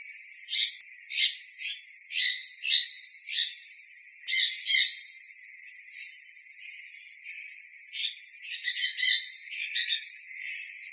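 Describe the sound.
Sun conure screeching in a run of sharp, raspy, spaced calls, then a pause before a dense burst of shrieks toward the end.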